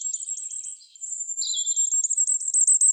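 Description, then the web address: Firecrest calls: very high, thin, sibilant notes in quick runs, with a brief lower phrase in the middle and louder notes toward the end. "Regulus ignicapillus"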